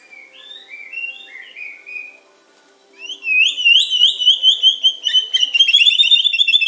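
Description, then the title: Oriental magpie-robin song: a few soft descending whistled phrases, a pause, then a loud series of rapidly repeated high notes. "Kicau Kacer"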